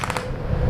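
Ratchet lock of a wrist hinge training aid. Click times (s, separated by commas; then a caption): 0.0 s, 0.1 s, 0.2 s. The ratchet locking mechanism of a plastic wrist-hinge training aid, worn while the trail wrist bends back, clicks step by step at 0.0, 0.1 and 0.2 s as the hinge moves further back. The ratchet locks and holds the bent-back position.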